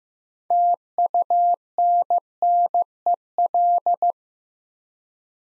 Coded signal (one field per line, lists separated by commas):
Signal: Morse code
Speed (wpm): 15 wpm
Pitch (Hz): 700 Hz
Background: none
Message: TUNNEL